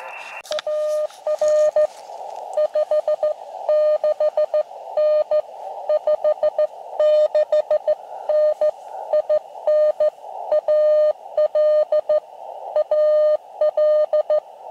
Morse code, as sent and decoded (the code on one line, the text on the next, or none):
.- .-. / ..... -.... -. / ..... -.... -. / .. -. / .- .-.. / .- .-..
AR 56N 56N IN AL AL